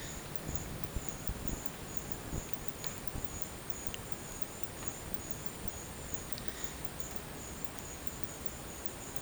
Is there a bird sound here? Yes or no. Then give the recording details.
no. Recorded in dense forest near Puerto Asís, Putumayo, Colombia, on 22 December 2024 at 12:30. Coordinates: 0.484, -76.317. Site G026